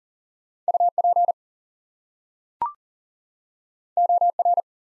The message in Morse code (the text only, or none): UP OR